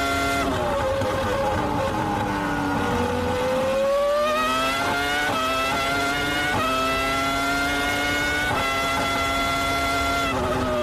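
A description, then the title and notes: A Formula One race car's engine whines steadily, pitch dipping then climbing from about four seconds, with brief gear-shift breaks near five, seven and nine seconds. Formula One Race Car.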